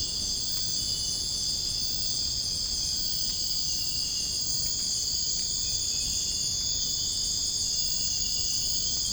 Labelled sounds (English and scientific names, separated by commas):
none